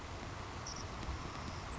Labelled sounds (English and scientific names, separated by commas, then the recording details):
Savannah Sparrow (Passerculus sandwichensis)
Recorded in Sonoma County, California